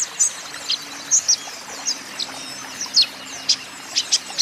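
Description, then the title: Van Hasselt's sunbird song: sharp, high chirps and short squeaky notes given in irregular bursts over a steady hiss. Green-plumaged (ijoan) bird singing actively (gacor); song used as a lure and therapy to prompt caged Van Hasselt's sunbirds to sing in reply. "KOLIBRI NINJA KONIN IJOAN GACOR COCOK UNTUK PANCINGAN TERAPI KONIN BAHAN PASTI NYAUT"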